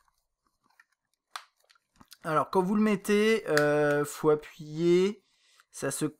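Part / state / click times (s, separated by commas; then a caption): plastic bezel surround onto battery case / partly seated / 1.4 s. A white plastic bezel surround is pressed onto an Anker Extended Battery Case holding an iPhone 5/5S. A sharp snap sounds at 1.4 s among a few faint clicks, then someone talks. The surround ends up badly clipped on and not fully home.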